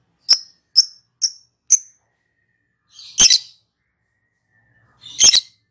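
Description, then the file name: Lovebird gives four clipped, high chirps in quick succession, then two longer, harsh, buzzy squawks separated by a pause. Lovebird giving its ngekek song. "suara burung lovebird ngekek"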